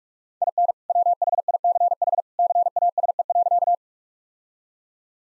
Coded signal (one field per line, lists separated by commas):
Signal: Morse code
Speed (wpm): 46 wpm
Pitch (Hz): 700 Hz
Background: none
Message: IN WHICH CASE.